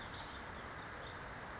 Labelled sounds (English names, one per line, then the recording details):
Western Flycatcher
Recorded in Sonoma County, California